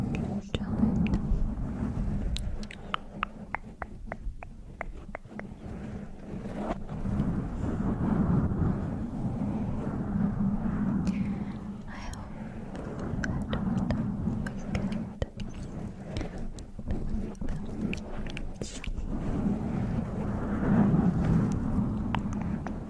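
Mic scratching rumbles through the whole recording, a dense low rustle that swells and eases in waves. Sharp clicks, likely tongue clicks, pop out every second or so, and faint, unclear murmuring sits underneath, rising again near the end.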